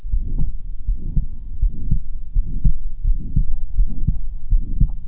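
Heart murmur in an adult, heard by stethoscope, with heartbeats at about 81 per minute.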